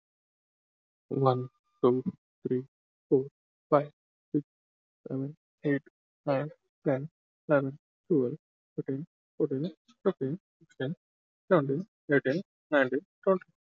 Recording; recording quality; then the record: counting at a normal pace; excellent, no background noise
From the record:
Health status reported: healthy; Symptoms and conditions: none ticked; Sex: male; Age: 22 years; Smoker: not ticked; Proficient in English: yes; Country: India